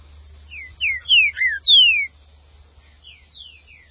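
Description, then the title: Green-winged saltator singing a burst of rich, downward-slurred whistles close together, then pausing before a few softer falling whistles. "Trinca Ferro"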